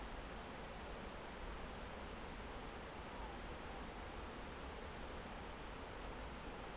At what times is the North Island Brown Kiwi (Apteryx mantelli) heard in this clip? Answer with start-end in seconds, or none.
none